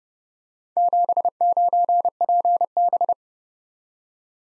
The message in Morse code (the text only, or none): 79PB